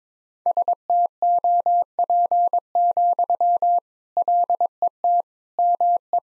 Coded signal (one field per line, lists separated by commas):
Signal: Morse code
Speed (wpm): 22 wpm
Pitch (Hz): 700 Hz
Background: none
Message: STOP, LET ME